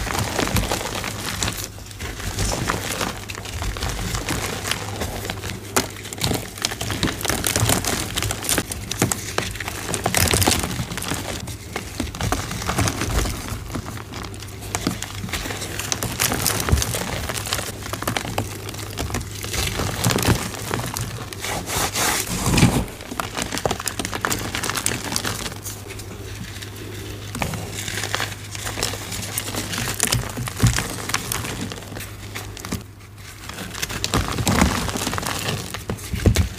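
Soft gym chalk crumbles with dense, continuous crispy crackles throughout, sharper bursts scattered irregularly, over a steady low hum.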